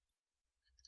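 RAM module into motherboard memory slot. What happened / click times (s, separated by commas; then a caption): The memory module's latches clicked shut / 0.1 s, 0.8 s. A RAM stick is lined up with the motherboard DIMM slot and pushed down until the retention latches click shut, seating the memory module. Sharp clicks are heard at 0.1 s and 0.79 s, with another brief tick just after, over a quiet low rumble. No words are spoken in the clip.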